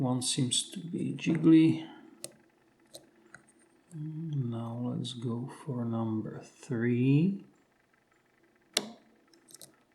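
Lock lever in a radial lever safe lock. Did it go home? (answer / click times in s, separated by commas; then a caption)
yes / 8.8 s. Someone talks while a pick lifts lever number three of a Fichet-Bauche Monopole radial 8-lever safe lock, with a few faint ticks along the way. At 8.8 s the lever sets with a sharp, clear click, followed by a few quieter ticks. The lever is seated in its set position and then jiggles freely.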